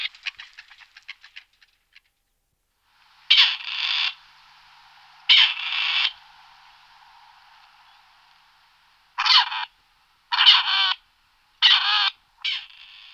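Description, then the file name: Grey partridge giving harsh, rasping grating calls in short bursts at irregular intervals, after a quick ticking series at the start. "Koroptev polni Perdix perdix"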